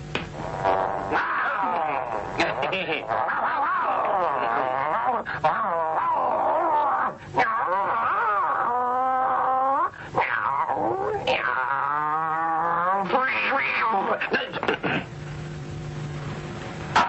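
A dog whimpers and yips almost nonstop, with high, wavering whines that rise and fall, broken by short sharp yelps, loud and insistent throughout.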